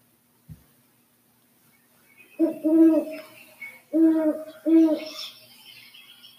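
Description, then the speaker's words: Great Horned Owl hoots: three deep hoot phrases after a short click, with faint higher sounds late. Male and female pair hooting; pairs defend territory with repeated hooting in winter before nesting and in fall before young leave; male's hoot lower than female's. "So I'm going to play their hoots. And this is a male and female pair. And the male's hoot is typically lower pitched than the female."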